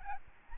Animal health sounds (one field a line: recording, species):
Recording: mosquito wingbeat signal from an infrared sensor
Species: Aedes albopictus